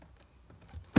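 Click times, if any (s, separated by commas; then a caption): 1.0 s. The metal bar of a 1994-and-later "kouki" tail light assembly is pressed into two plastic retaining clips on a 1991–1993 Toyota MR2 SW20. After a near-silent stretch with faint low ticks, a single sharp, loud snap at 0.9 s marks the bar seating in the clips.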